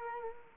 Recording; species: mosquito wingbeat signal from an infrared sensor; Culex quinquefasciatus